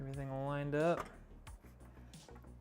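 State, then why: Not seated. An expansion card, likely the graphics card of a white PC build with an Intel i7 14700K and RTX 4080, is slid behind the bracket and lined up with the motherboard slot while someone talks over background music. A few faint taps and handling sounds are heard, but the card has not seated or clicked into the slot yet.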